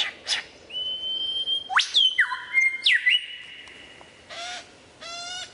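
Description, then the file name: Lyrebird song with long level whistles joined by sharp upward sweeps, followed by two short buzzy rattles. Song variations. "suara lyrebird variasi"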